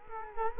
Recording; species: mosquito wingbeat signal from an infrared sensor; Culex quinquefasciatus